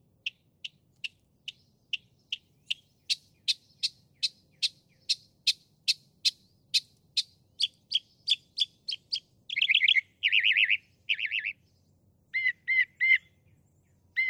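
Northern mockingbird song: a long run of sharp, high notes repeated about twice a second, then a switch to loud buzzy, rasping phrases and short doubled chirps.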